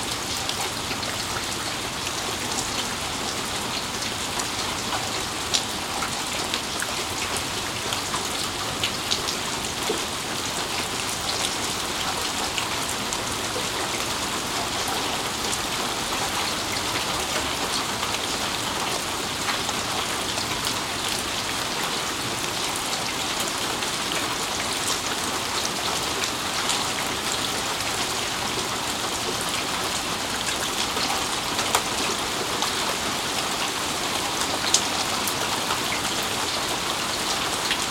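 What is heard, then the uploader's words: Steady, dense rain falls throughout, a bright even hiss with fine drop ticks, no breaks or thunder, constant level from start to finish. A calming collection of rain sounds.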